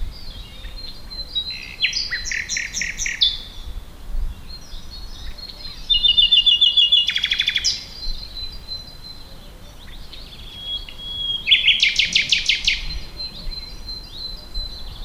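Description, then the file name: Common nightingale singing three loud phrases, each a burst of rapid repeated notes or a buzzy rattle, with thin whistles between them and short gaps. "Luscinia megarhynchos"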